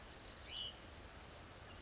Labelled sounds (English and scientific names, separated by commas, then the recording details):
Hutton's Vireo (Vireo huttoni)
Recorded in Sonoma County, California